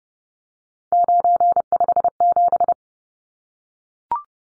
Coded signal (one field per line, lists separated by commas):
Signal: Morse code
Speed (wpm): 30 wpm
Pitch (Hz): 700 Hz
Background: none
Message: 957